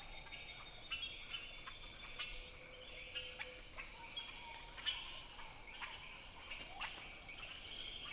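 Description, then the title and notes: Amphibians calling in a dense chorus of brief clicks and chirps, several a second, with a constant shrill insect hum above them. Unidentified amphibians calling from the ground as rain approaches, hundreds or thousands of them, Chemin des grands arbres, Saül, French Guiana, 16 November 2006; Nagra Ares-BB+ with cardioid MKH40 microphones. "ECLAIRS D'AMPHIBIENS. 16 novembre 2006-Chemin des grands arbres - Saül - Guyane. ces amphibiens qui chantent au sol en sentant arriver la pluie"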